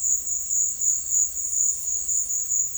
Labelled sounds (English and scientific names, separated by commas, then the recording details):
none
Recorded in secondary vegetation near Puerto Asís, Putumayo, Colombia, on 8 March 2025 at 17:00
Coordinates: 0.499, -76.323
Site G094